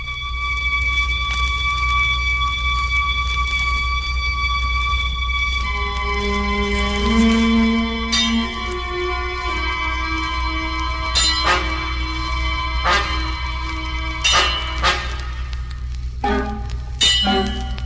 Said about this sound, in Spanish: Dieron las 6 campanadas en la torre de la ermita, amigo. Era la oracioncita.